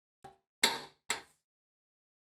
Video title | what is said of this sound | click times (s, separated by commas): How to Tighten Suspension Hardware V1 | so every time we heard that click that means that our shoulder bow is already tightened | 0.6 s, 1.1 s